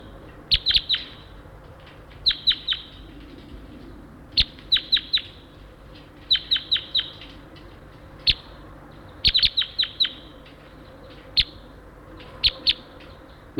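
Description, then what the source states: Crossbill flight calls: sharp high chips given singly or in quick bursts of several, repeating every second or two over a quiet background. New female crossbill, whose mate has been captured, giving loud flight calls; about three birds present.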